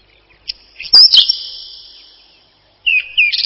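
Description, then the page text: Whinchat song: a short clipped phrase with a loud whistled note, a pause of over a second, then a second rapid scratchy phrase. "Луговой чекан — Saxicola rubetra"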